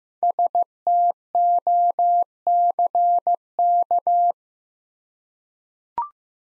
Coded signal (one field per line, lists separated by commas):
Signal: Morse code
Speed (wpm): 15 wpm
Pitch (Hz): 700 Hz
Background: none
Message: STOCK